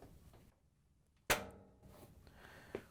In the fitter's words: you have it snapped into place we can lower the lid we can put the top back on you